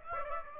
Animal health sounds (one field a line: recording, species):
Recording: mosquito wingbeat signal from an infrared sensor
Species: Aedes aegypti